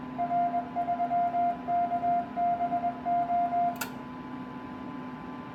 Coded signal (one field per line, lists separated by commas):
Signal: Morse code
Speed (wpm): 21 wpm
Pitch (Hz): 700 Hz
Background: none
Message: R3KBO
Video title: VHF 144-148 MHz power amplifier 1000W LDMOS for RY6N